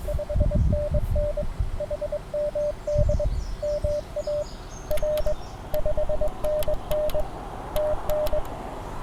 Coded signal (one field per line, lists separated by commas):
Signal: Morse code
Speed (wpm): 23 wpm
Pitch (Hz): 600 Hz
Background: none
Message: 5NN HMD MA R 5NN TN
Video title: New England QSO Party 2016 from Bobcat Ridge